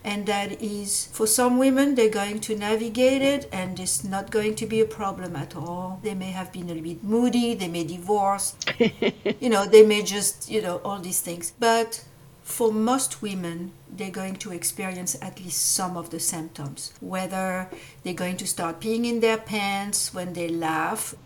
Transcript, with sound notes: And that is for some women, they’re going to navigate it and it’s not going to be a problem at all. They may have been a little bit moody. They may divorce,. (chuckles) You know, they may just, you know, all these things. But for most women, they’re going to experience at least some of the symptoms, whether they’re going to start peeing in their pants when they laugh,,